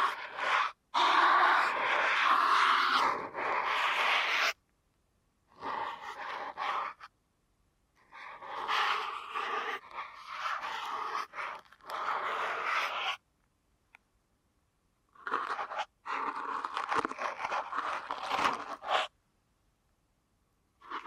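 Deep ear canal massage sounds come in dense, rustling bursts lasting a few seconds each, broken by brief silences. The rubbing is soft, crackly and mid to bright, swelling and fading unevenly. Shorter bursts arrive around fourteen and nineteen seconds.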